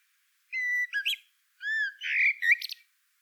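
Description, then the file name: Common blackbird uttering two short phrases of clear whistled notes that slide and bend, each ending in a thin, squeaky flourish, separated by a short pause. "Turdus merula"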